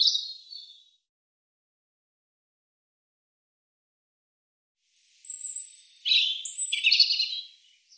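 European robin song: a brief fading whistle, a long silence, then a sweet phrase that opens with thin high whistles and drops into richer warbled notes.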